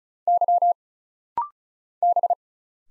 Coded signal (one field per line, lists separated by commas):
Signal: Morse code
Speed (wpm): 35 wpm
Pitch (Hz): 700 Hz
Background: none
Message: Y B